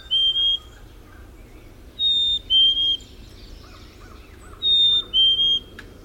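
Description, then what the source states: Black-capped Chickadee whistled song, a clear high note followed by a slightly lower one, repeated about every two and a half seconds, three times with the first cut short, with soft lower chips between. Recorded 13 May 2001; part of a series of 18 songs.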